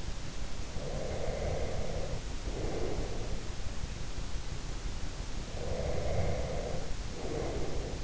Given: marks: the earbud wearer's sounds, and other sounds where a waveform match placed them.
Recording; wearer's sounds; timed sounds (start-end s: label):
sounds in sleep by an in-ear microphone; breath, snoring breath
0.76-3.54 s: breath
5.49-8.04 s: snoring breath